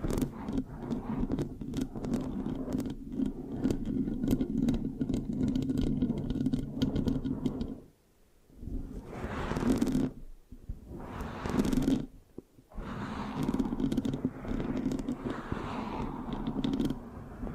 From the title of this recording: Mic Scratching, Sticky, Brain Massage Triggers